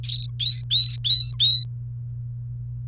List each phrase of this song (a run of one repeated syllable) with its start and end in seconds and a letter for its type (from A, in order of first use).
0.03-1.64 A